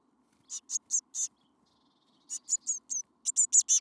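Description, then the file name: Eurasian blue tit calls: quick runs of thin, high chirps, four notes, a pause, then two faster bursts of sharp notes, over a faint low hum. "Cyanistes caeruleus"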